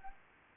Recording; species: mosquito wingbeat signal from an infrared sensor; Anopheles arabiensis